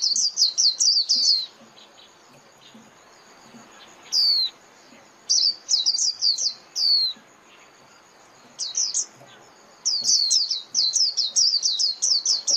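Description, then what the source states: White-eye: short bursts of rapid, high, thin chirps separated by pauses of a few seconds, with occasional single downslurred notes. Lure call (mồi) used for trapping white-eyes.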